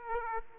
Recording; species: mosquito wingbeat signal from an infrared sensor; Aedes aegypti